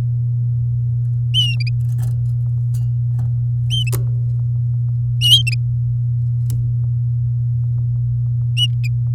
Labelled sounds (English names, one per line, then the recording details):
Domestic Canary song
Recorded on 7 May 2018 at 07:56
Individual llb16